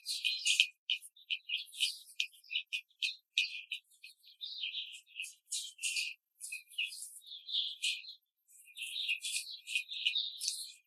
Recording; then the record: young laying hens in a cage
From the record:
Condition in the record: control cage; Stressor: none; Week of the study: 5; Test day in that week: 1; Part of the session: 1